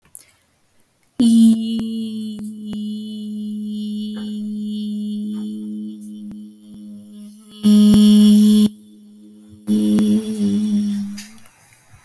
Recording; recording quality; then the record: sustained vowel as in beet; excellent, no background noise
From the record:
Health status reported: healthy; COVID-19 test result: not tested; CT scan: not taken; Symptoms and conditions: breathing difficulty, sore throat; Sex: female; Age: 21 years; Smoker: no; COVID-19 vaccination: both doses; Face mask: not worn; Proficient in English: yes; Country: India